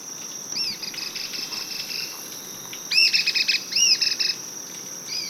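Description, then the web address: Cliff flycatcher calls: sharp, high arched notes followed by quick stuttering chip series, given several times, over a steady high insect whine. Ecuador. "S America Birds of Ecuador. Cliff Flycatcher"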